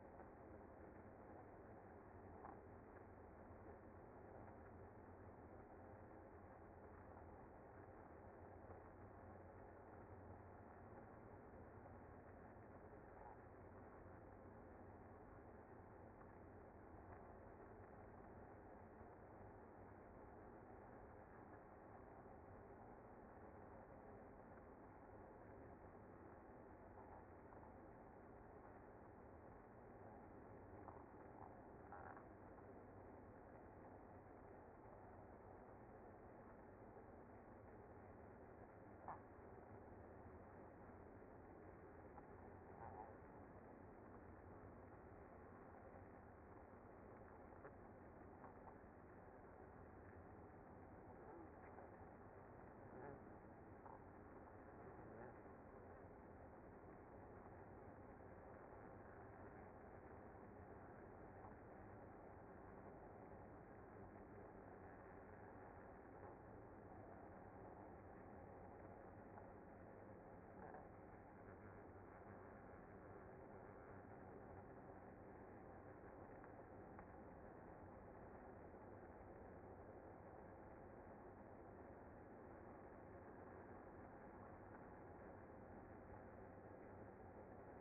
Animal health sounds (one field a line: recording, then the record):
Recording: honeybee colony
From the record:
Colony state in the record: active